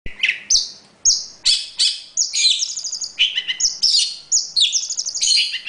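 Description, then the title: Oriental magpie-robin song, a varied run of bright whistled and buzzy phrases, some rising and some falling, delivered in quick bursts with short pauses. Song; known locally as kacer. "Kicau Kacer"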